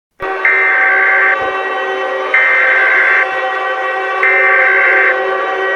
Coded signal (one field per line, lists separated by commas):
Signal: Emergency Alert System (SAME) tones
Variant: header bursts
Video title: Angel Horror | EAS scenario (!Warning! This Is on Mobile devices)